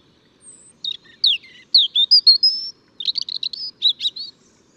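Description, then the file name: European robin song: a high, thin high note, then tumbling warbled phrases and a fast sparkling trill of twittering notes, all high-pitched over a quiet background. "Erithacus rubecula"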